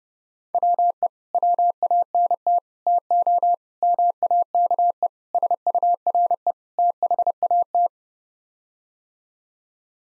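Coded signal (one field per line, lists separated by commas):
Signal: Morse code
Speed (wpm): 30 wpm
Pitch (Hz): 700 Hz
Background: none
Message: WE WANT TO MAKE SURE THAT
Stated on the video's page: Morse code head-copy drill sending sets of six common English words at 30 wpm, each set sent twice.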